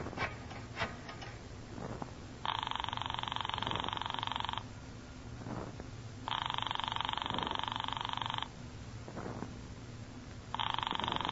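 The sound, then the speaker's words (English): A payphone in an upstairs hallway rings in three long, buzzy bursts, each about two seconds, separated by pauses, over a low rumbling background with a few faint clicks. No one speaks. “It's ringing. I can hear it upstairs.”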